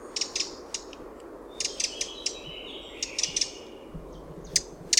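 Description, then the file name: Eurasian wren ticking in quick scattered bursts, with a thin wavering whistle and broad background hiss. "Troglodytes troglodytes"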